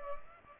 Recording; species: mosquito wingbeat signal from an infrared sensor; Culex pipiens